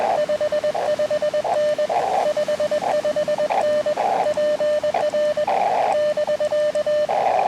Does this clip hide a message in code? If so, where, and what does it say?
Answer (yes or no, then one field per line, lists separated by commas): yes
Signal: Morse code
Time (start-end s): 0.2-7.0 s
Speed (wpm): 20 wpm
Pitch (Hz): 600 Hz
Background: radio noise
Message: 55N 55N PR <BK>